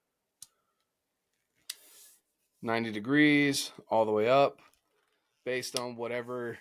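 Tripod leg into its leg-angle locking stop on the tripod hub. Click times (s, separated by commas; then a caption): 0.4 s, 1.7 s. A Tricer tripod leg is swung out to a wider angle and clicks into the leg-angle locking detents on the tripod hub, with sharp clicks at 0.4 s and 1.7 s. The leg is seated in its locked position, and then someone talks.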